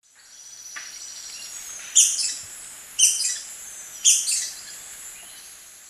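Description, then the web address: Slaty-capped flycatcher giving three sharp, high notes spaced about a second apart over a thin, steady high background tone. Recorded in Ecuador. "Natures Songs S America Birds of Ecuador Slaty-capped Flycatcher"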